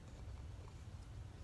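A plastic battery holder, loaded with three AAA batteries, is lined up and pushed back into the body of a portable LED tent light. Only a steady low rumble and faint handling noise are heard, with no distinct transients. Nothing has seated or clicked yet.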